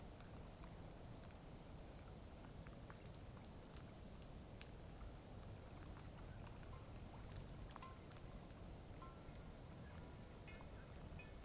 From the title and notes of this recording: This was recorded on a cloudy night beside Taylor Lake in the Russian Wilderness, Klamath National Forest, Siskiyou County, California. The recording starts at around midnight and continues until sunrise. The night was fairly calm with a faint breeze blowing through the treetops.